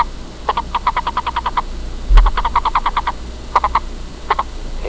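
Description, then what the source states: Sonoran Desert toad gives bursts of rapid pulsed notes, separated by short pauses. Release call.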